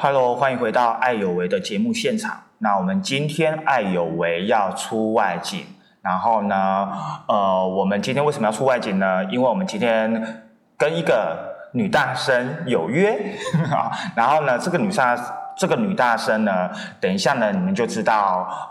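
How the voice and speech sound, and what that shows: A man speaks Mandarin clearly and fluently in a show-host style, with a few filler pauses; ordinary speech.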